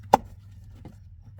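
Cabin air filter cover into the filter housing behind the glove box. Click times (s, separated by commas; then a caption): 0.1 s. The plastic cover of a Honda cabin air filter housing behind the glove box is pressed home after the cabin air filter is pushed into its slot. It snaps into place with one very sharp, loud click at 0.1 s, followed by a faint knock near 0.9 s over a steady low hum. The cover is seated.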